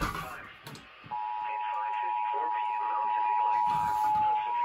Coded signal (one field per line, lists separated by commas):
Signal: Emergency Alert System (SAME) tones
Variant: 853 and 960 Hz attention tone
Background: speech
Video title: HI SLC HOW THE HECK ARE YA EAS Alerts From 9/12/21 EAS#335-340